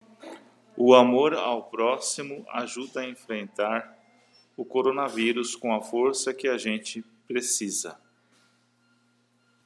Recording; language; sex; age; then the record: spoken sentence; Brazilian Portuguese; male; 40 to 49 years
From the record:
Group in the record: control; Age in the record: 49 years